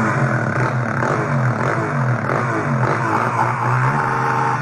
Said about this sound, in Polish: Są to pojazdy, które generują bardzo dużo hałasu. Czasami takiego krosa czy kłada słychać nawet z kilku kilometrów.